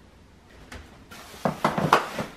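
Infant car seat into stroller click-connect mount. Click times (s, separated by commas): 1.9 s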